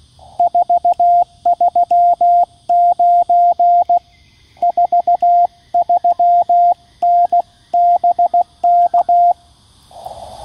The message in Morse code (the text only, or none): 439 43N BK